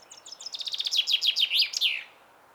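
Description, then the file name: Common chaffinch song, a rapid run of bright, high notes that drops in pitch, finishing with a short emphatic flourish. "Fringilla coelebs"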